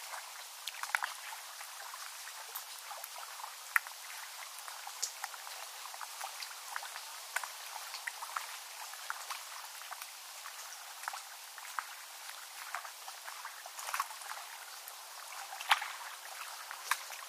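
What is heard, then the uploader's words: Lake atmosphere on a fall afternoon: a steady, hissy wash of small water sounds fills the clip, with lots of quick, bright ticks and drips scattered throughout. A few sharper clicks stand out, near 4, 14 and 16 seconds, and nothing low or rumbling sits underneath. Relaxing lake atmosphere recorded on a beautiful fall afternoon.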